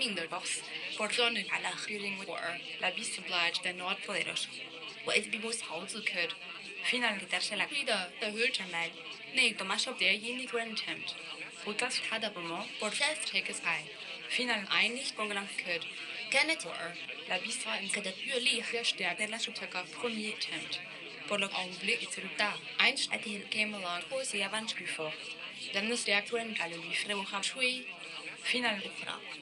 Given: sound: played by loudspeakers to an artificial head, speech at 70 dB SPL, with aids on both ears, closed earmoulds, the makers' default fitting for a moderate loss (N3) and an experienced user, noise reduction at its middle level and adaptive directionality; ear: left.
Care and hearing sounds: speech test signal (ISTS) in cocktail-party noise; +9 dB; in front (0 degrees)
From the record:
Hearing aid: class 2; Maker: I

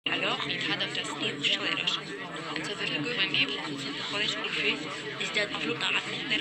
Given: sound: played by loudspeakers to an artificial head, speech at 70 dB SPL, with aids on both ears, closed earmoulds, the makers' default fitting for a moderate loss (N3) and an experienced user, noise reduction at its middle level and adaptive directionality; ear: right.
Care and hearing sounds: speech test signal (ISTS) in cocktail-party noise; -6 dB; in front (0 degrees)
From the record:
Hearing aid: class 1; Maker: C

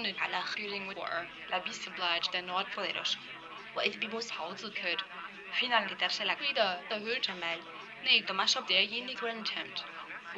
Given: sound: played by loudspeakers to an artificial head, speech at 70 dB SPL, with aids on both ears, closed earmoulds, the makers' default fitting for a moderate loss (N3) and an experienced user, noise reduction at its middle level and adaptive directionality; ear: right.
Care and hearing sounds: speech test signal (ISTS) in cocktail-party noise; +3 dB; on the right (90 degrees)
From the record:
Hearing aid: class 1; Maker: F

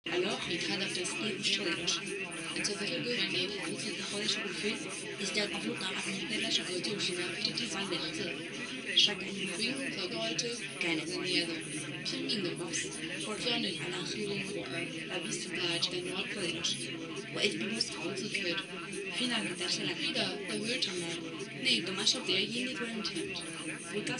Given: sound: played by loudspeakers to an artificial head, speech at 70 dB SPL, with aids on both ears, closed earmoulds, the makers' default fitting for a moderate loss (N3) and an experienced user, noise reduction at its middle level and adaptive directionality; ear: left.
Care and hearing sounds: speech test signal (ISTS) in cocktail-party noise; 0 dB; on the right (90 degrees)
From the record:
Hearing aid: class 2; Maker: B

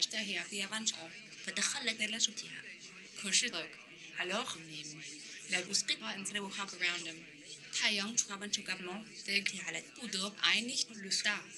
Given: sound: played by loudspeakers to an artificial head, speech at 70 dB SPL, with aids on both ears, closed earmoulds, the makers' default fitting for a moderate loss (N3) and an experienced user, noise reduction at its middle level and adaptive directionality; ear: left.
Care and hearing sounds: speech test signal (ISTS) in cocktail-party noise; +9 dB; in front (0 degrees)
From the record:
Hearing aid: class 1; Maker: J

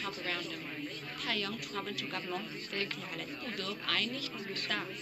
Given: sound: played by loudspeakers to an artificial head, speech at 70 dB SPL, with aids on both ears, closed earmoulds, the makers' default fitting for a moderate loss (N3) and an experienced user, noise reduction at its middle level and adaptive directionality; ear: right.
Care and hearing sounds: speech test signal (ISTS) in cocktail-party noise; 0 dB; in front (0 degrees)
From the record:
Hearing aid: class 1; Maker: D

